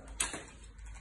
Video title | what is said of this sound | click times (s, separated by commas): Baby Home Park Yatak Kasa Montaj Kurulum | Tamam. Hepsi şu anda kilitlendi. | 0.2 s